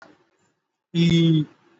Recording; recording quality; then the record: sustained vowel as in beet; excellent, no background noise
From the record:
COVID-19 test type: RT-PCR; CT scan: not taken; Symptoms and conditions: cough, cold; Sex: male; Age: 20 years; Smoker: no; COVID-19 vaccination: both doses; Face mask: worn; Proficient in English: yes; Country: India